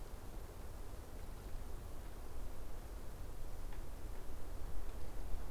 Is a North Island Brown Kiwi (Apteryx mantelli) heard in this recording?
no